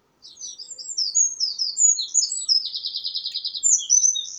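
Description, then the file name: Eurasian wren song: a shrill, hurried outpouring of sharp notes with a long, even rattling trill in the middle and more trilling at the close. "Troglodytes troglodytes"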